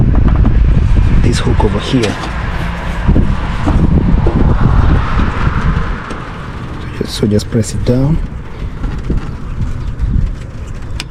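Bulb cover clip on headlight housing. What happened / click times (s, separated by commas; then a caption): The plastic cover clip clicked open / 11.0 s. Someone talks while pressing down the clip under the headlight bulb cover on the headlight housing of a 2014–2017 Nissan Rogue, during high and low beam bulb replacement, over a steady low background rumble. A sharp click at 11.0 s marks the clip releasing, freeing the hook so the cover can be taken off.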